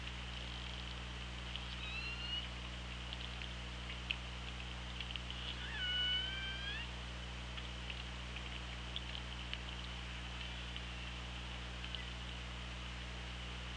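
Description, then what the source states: Killer whale calls: faint whistled tones around two seconds, then a louder harmonic call near six seconds, over steady underwater hum and clicks. Recorded on an OrcaLab hydrophone, 24 August 2017, at 17:06.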